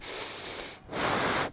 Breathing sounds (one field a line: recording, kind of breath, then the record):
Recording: one breath in and out by a microphone near the nose and mouth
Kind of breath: strong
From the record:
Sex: male